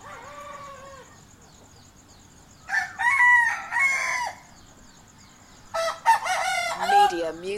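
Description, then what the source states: Chicken: roosters crowing in turn: a faint crow first, then a louder hoarse crow, and a ragged one overlapping another toward the end. Morning cockcrows.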